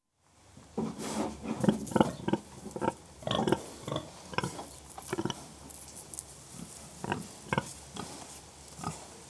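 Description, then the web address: Pigs grunting: a busy, irregular run of short low snorting grunts from several animals, some overlapping. Several pigs grunting; livestock. "The BBC Sound Effects Library. 3 Pigs Grunting 1"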